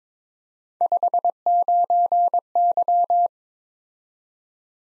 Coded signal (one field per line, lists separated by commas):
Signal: Morse code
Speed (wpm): 22 wpm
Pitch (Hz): 700 Hz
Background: none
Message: 59Y